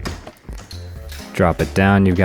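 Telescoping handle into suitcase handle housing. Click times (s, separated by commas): 0.1 s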